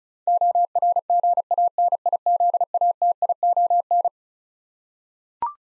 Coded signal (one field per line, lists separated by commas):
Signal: Morse code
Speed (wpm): 36 wpm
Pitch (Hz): 700 Hz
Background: none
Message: ORGANIZATION